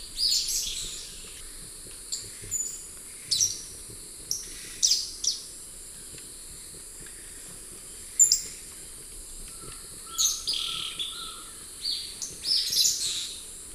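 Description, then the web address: Golden-headed manakin calls: sharp, high, clipped notes given singly or in pairs at irregular intervals, over a constant hiss of insects and a brief lower whistle. Lek songs and calls, eastern lowlands of South America. "S America Eastern Lowlands - Pipra erythrocephala, lek songs and calls"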